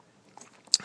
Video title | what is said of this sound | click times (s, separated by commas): BMW E65 E66 Lower Coolant Hose Leak FIX Sensor O-Ring Problem | and that you'll actually hear a pop on that one so | 0.7 s